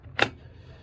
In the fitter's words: ये लॉक हो गया है, स्टडी है लॉक काफ़ी, और वेट भी इसका अच्छा है।